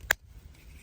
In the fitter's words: it should click right into place,